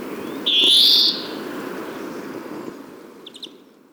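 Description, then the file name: European greenfinch with a single long buzzy wheeze, then a few faint short notes later, all against constant low rumbling noise. "Chloris chloris"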